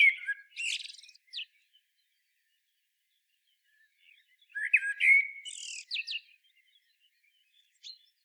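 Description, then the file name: Common blackbird song: two short phrases, each a low fluty warble sliding into a thin, high squeaky twitter, with a quiet pause between them. "Turdus merula"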